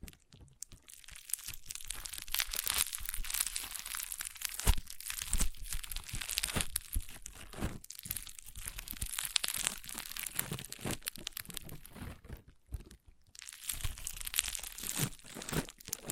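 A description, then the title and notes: Crunchy slime being squeezed and worked, a dense stream of tiny crackles and crinkling pops that is bright and hissy rather than deep. The crackling runs nearly nonstop, with brief quiet gaps near 8 and 12–13 seconds before resuming. ASMR Satisfying Crunchy Slime (No Talking).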